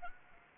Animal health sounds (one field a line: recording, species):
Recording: mosquito wingbeat signal from an infrared sensor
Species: Anopheles arabiensis